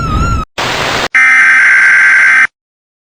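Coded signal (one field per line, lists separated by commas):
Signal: Emergency Alert System (SAME) tones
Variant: header bursts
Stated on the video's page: Edited fictional horror clip using an EAS alarm.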